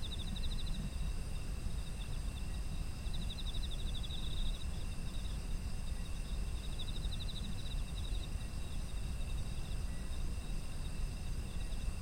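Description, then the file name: Insects chirp in repeated pulsed trills, joined by steady high-pitched buzzing from other insects, with a constant low rumble underneath. Autumn insect ambience. "秋の虫の環境音"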